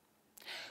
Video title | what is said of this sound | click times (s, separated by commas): Connecter votre TV Box à votre modem via un Wi-Fi Bridge | avec votre décodeur vous devez bien entendre le petit clic pour vous assurer que les câbles sont bien connecté | 0.4 s